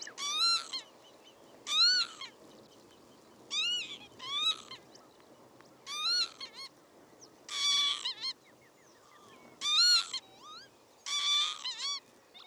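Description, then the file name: Northern lapwing giving repeated wheezy, slurred 'pee-wit' calls with rising-then-falling notes, over a low steady background hiss. "Vanneau-huppé-Vanellus-vanellus"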